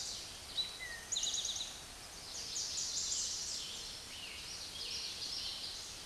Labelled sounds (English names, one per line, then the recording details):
Eastern Towhee song
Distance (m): 40 m
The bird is about 5 m above the microphone
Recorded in a Pennsylvania forest on 16 May 2024 at 06:13
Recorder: AudioMoth, point MSD-0475
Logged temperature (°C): 12.3 °C
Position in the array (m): 108 m, 6 m